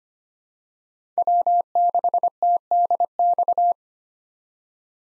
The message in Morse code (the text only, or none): W6TDX